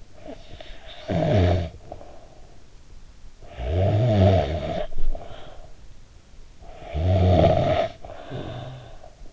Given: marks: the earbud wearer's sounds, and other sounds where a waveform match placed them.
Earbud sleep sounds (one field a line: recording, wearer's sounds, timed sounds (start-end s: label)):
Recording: sounds in sleep by an in-ear microphone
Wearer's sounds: snoring breath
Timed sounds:
0.00-2.91 s: snoring breath
3.22-6.17 s: snoring breath
6.40-9.23 s: snoring breath